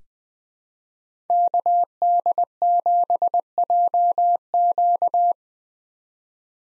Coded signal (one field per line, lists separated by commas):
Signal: Morse code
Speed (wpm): 20 wpm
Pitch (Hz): 700 Hz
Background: none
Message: KD7JQ